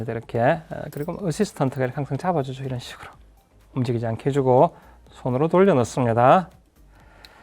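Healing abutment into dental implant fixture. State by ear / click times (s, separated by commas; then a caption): not seated / none. A metal healing abutment is hand-threaded into a dental implant while an assistant steadies the model. Someone talks throughout, and a faint, brief sound comes near the end at 7.3 s. The abutment meets resistance and does not stop crisply because bone is catching on it, so it has not seated or clicked yet.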